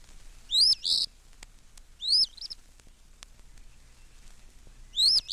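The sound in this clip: Eastern Phoebe singing three slurred two-part phrases at irregular intervals, the first with a burry ending, the last cut off.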